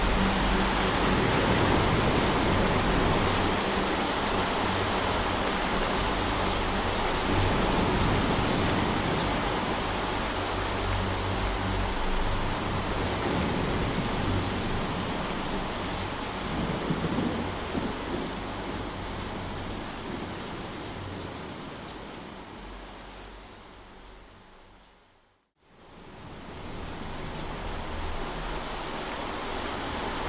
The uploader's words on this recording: Natural Sound of the Wind Blowing Across the Water.